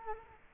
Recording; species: mosquito wingbeat signal from an infrared sensor; Culex quinquefasciatus